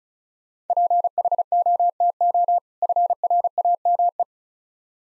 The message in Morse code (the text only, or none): PHOTO FRAME